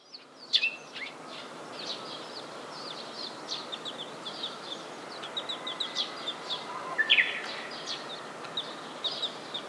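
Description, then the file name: Eurasian tree sparrow chirping: a steady stream of short, sharp chips, with a louder call near the start and a harsh louder call near the end. "suzume"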